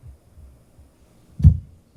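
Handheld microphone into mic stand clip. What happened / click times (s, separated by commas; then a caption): The microphone is being handled at the stand clip but has not clearly seated yet / none. A handheld microphone is being handled and put back toward the clip on a mic stand. Low, soft rumbling bumps are heard, with a louder dull thump around 1.4–1.6 s. The microphone has not clicked into the stand clip yet, and nothing has seated.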